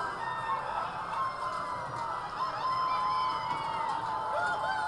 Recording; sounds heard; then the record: poultry house recording; healthy chickens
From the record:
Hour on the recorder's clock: 3